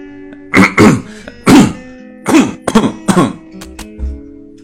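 An adult makes about six short, throaty, partly voiced cough bursts in loose pairs over four seconds, with a faint steady hum behind them. These are deliberate, voluntary coughs made on purpose, not a sign of illness.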